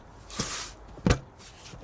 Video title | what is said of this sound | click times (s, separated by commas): I BOUGHT A CHEAP HIGH MILEAGE AUDI TT WITH A POND IN THE BACK | so we'll go ahead now and attach this and hopefully it should all pop in place nice | 1.1 s